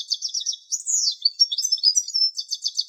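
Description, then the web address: European goldfinch twittering: bright, tinkling high notes in quick clusters, a brief buzzy slurred phrase in the middle, then rapid liquid chatter resuming, no other sounds. "Carduelis carduelis"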